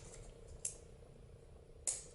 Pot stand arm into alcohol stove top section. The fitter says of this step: snap it down in do that three times hear that click that's because it's snapping in underneath the top section